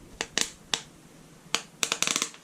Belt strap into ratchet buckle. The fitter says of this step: and if you'll hear that click and see